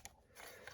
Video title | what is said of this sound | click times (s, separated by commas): 12th Doctor Sonic Second Sonic Screwdriver Nawya Replica (chrome & Metal versions) | So accessing the batteries, it has this really nice, satisfying click | 0.0 s, 0.7 s